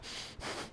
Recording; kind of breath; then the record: one breath in and out by a microphone near the nose and mouth; strong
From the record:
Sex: male